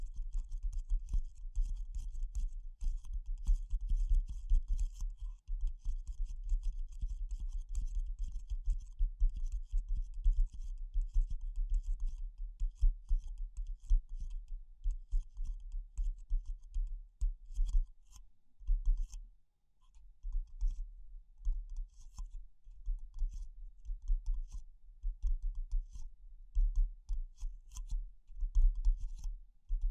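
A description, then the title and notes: Fast tapping runs almost without pause, a dense patter of short, dry clicks with a low thump under each stroke and a faint bright scratchy edge. The rhythm loosens slightly after twenty seconds, with a brief near-silent gap around nineteen seconds before the tapping resumes. ASMR Pure Tapping Fast and Slow (No Talking).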